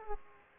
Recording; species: mosquito wingbeat signal from an infrared sensor; Aedes aegypti